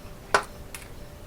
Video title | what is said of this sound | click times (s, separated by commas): Arma Limitless build double Motors | feel it snap into place it's like a snap on your clothes really it | 0.4 s, 0.8 s